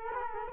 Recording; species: mosquito wingbeat signal from an infrared sensor; Culex quinquefasciatus